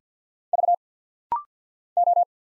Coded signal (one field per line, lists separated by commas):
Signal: Morse code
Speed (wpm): 50 wpm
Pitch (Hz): 700 Hz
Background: none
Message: V O